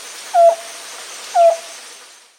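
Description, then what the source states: Amazonian Antpitta singing two clear, hollow whistled notes about a second apart, each slightly inflected, over a soft steady hiss. Recorded in South America.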